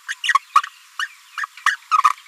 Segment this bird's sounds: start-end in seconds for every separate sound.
0.08-0.14, 0.23-0.34, 0.55-0.61, 0.99-1.07, 1.37-1.45, 1.66-1.76, 1.91-1.98